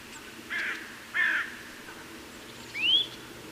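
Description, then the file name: Eurasian nuthatch calls: two short harsh, buzzy notes followed by a single clear upslurred whistle rising sharply near the end. "Sitta europaea"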